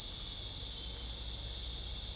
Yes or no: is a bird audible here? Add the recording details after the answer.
no. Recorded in secondary vegetation near Puerto Asís, Putumayo, Colombia, on 26 December 2024 at 18:30. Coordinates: 0.484, -76.319. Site GP06